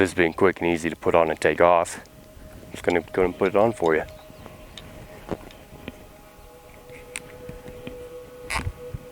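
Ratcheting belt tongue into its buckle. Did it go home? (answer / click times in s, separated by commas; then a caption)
yes / 4.8 s, 5.3 s, 5.9 s, 7.2 s, 7.9 s, 8.5 s. Someone talks, then puts on a Kore ratcheting battle belt, ratcheting its tongue into the buckle to tighten it. Sharp clicks sound at 4.8, 5.3, 5.9, 7.2, 7.9 and 8.5 seconds as the belt ratchets tight and locks into position.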